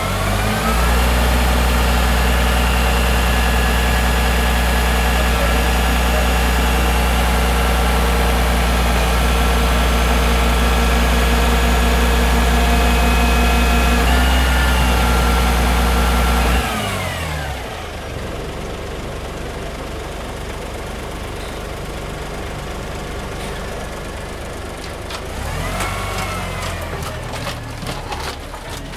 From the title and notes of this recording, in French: Camion poubelle. Lors d'une sortie aux alentours du collège, Kassoum Florian et Nadia ont enregistré les sons de la ville.